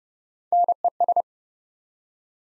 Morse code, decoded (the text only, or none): NES